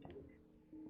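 A part of an LDO Nitehawk USB toolhead controller is handled into a 3D printer toolhead during installation. Two faint, brief ticks at about 0.05 s and 0.1 s sit over a quiet, steady low hum, with a slight rise in level near the end. Nothing has seated or locked in place yet.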